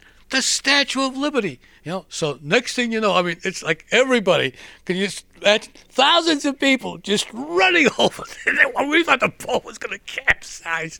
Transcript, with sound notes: The Statue of Liberty." You know? So next thing you know, I mean, it's like everybody. Can you imagine. Thousands of people just running over. (he laughs) I mean, we thought the boat was going to capsize.